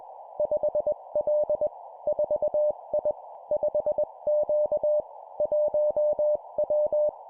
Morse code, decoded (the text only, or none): 5L 4I 5Q 1W